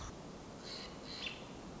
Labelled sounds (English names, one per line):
American Robin